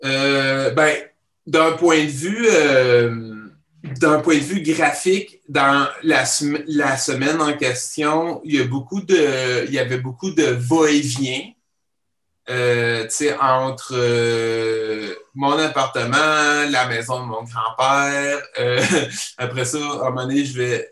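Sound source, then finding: Adult male speaker. Stuttering.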